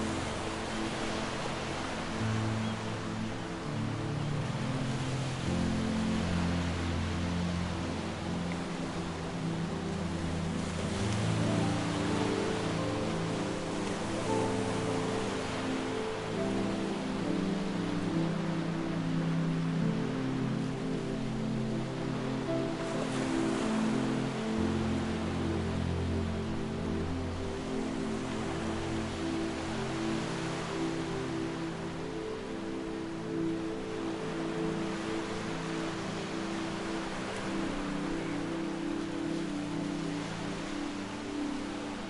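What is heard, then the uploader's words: Ocean waves wash steadily under soft music, a continuous hiss of surf that swells gently every few seconds, strongest around 11, 23 and 30 seconds. Below it, sustained low tones and slow chords shift quietly, with the overall level staying even throughout. Relaxing Music & Ocean Waves On A Tropical Island. The crystal-clear waters lap gently against the shore.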